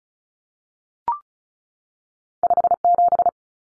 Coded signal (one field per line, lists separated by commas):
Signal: Morse code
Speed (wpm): 36 wpm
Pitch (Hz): 700 Hz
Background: none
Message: 57